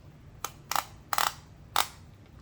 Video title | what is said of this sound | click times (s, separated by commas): BEST EDC Belt Tactical & Casual Kore Essentials #gunsafety #gungear #edc #tacticalgear | and listen for the clicks. | 0.5 s, 1.1 s